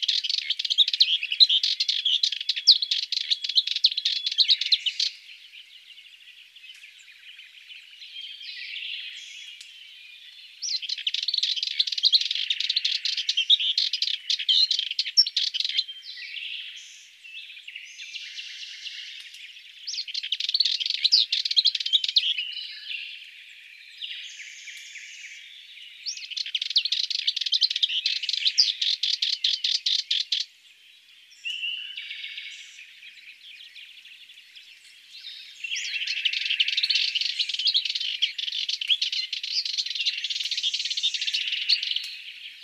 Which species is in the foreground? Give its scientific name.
Sylvia melanocephala